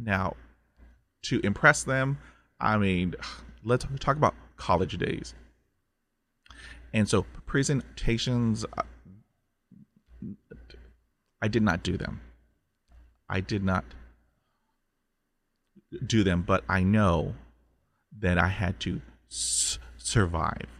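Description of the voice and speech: Halting speech from an adult man who stutters, with long silent blocks mid-phrase, stretched sounds and a repeated phrase, consistent with stuttering.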